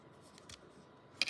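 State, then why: Seated. A plastic spider leg joint on a transforming action figure is pushed on to its second ratchet click, which completes the fold and seats the leg. Soft faint ticks at about 0.4 and 0.5 seconds lead up to a sharp, bright click at 1.2 seconds. No one talks.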